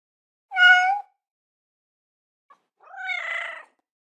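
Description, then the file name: Cat: kitten meows, two cries with silence between, the first short and clear, the second longer. "Aves Cantos - Gatinhos Miando"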